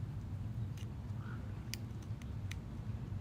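A wire terminal pin for Harley-Davidson handlebar wiring is pushed into its connector housing over a steady low hum. A sharp click at 1.7 s marks the pin seating in the housing, followed by two fainter ticks at 2.2 s and 2.5 s.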